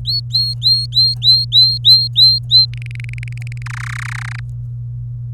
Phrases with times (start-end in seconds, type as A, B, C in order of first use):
0.05-2.65 A, 2.74-3.62 B, 3.66-4.40 C